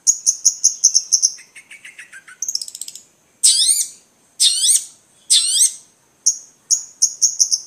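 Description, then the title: Long-tailed shrike song mixing high piercing repeated whistles, a buzzy rattle, and loud harsh downslurred squawks separated by short pauses. Combination song (kicau kombinasi). "Kicau Pentet Kombinasi"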